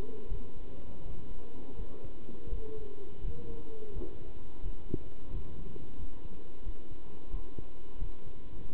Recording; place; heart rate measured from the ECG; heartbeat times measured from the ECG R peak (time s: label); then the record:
heart sounds by stethoscope; between the tricuspid and mitral areas; 86 bpm
0.29 s: heartbeat
1.03 s: heartbeat
1.77 s: heartbeat
2.50 s: heartbeat
3.22 s: heartbeat
3.94 s: heartbeat
4.63 s: heartbeat
5.31 s: heartbeat
5.97 s: heartbeat
6.64 s: heartbeat
7.31 s: heartbeat
7.99 s: heartbeat
8.71 s: heartbeat
From the record:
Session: pedaling a stationary bicycle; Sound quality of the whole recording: good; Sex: male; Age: 27 years